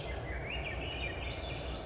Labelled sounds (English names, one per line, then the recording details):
Swainson's Thrush
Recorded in Sonoma County, California